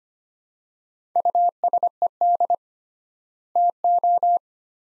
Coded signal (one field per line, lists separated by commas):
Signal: Morse code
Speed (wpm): 25 wpm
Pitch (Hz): 700 Hz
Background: none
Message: USED TO